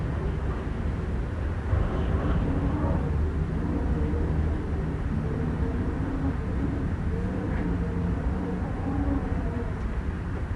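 Wind gusts howl past the buildings of a busy downtown, with wavering whistling tones that rise and fall through the lower middle. Underneath runs a thick, steady low roar of city traffic that holds an even loudness for the whole stretch.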